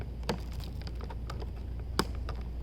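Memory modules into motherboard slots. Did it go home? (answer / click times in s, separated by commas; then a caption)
yes / 0.3 s, 2.0 s. Memory modules (RAM sticks) are pressed into motherboard slots, and the plastic retention clips snap shut with sharp clicks at 0.3 s and 2.0 s, the second the loudest. Fainter ticks fall between them over a steady low hum. The modules seat with a click.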